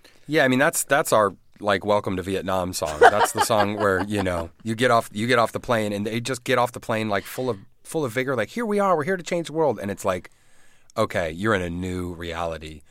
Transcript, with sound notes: Yeah. I mean, that's our, like, welcome to Vietnam song. (SOUNDBITE OF LAUGHTER) That's the song where, you know, you get off the plane and they just get off the plane like full of vigor like here we are, we're here to change the world and it's like, okay, you're in a new reality.